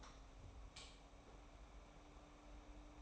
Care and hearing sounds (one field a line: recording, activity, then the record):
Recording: daily activity, microphone in the room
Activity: light on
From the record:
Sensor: 1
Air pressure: 990.9 hPa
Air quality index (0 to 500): 109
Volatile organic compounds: 103 ppm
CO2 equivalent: 3773 ppm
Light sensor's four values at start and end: 23/51/22/24 and 26/66/27/29